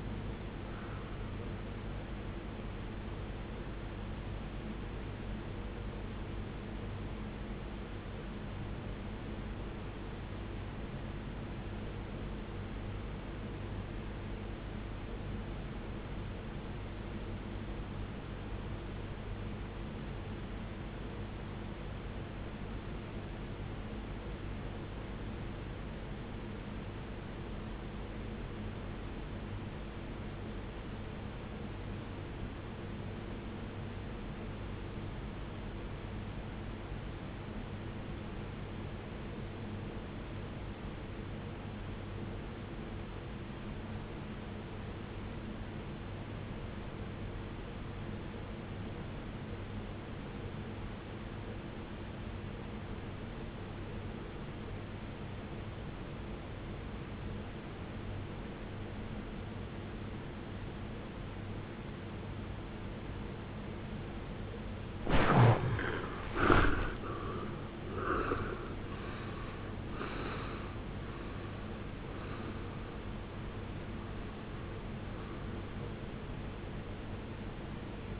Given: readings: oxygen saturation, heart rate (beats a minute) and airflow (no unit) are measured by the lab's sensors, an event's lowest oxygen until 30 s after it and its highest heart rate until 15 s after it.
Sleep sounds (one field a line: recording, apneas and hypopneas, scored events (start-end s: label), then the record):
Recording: breathing in sleep by a voice recorder at the bedside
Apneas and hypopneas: 1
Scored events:
12.00-64.50 s: obstructive apnea (REM, oxygen 95% highest, then 69% lowest, heart rate 53 at the start, 93 highest)
From the record:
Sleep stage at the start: REM sleep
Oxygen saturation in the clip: 75 to 95%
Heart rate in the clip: 42 to 93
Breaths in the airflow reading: 6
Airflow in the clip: -20.2 to 17.7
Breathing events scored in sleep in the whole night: 389 in 6.3 hours asleep